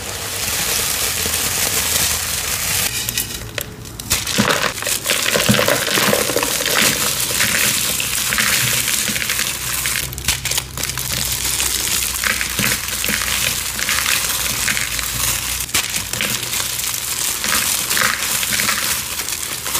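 Confetti rustles and crinkles in a dense, continuous hiss of tiny crackles, steady throughout with brief louder bursts near four and ten seconds.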